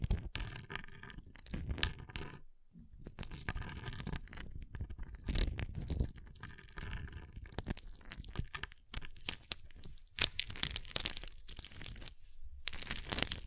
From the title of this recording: Ice Tapping, Scratching, Carving Sounds